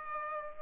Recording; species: mosquito wingbeat signal from an infrared sensor; Aedes aegypti